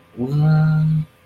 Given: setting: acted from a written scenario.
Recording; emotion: vocal sound without words; confusion